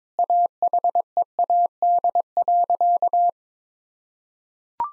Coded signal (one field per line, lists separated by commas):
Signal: Morse code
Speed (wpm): 22 wpm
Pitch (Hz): 700 Hz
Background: none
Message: AHEAD.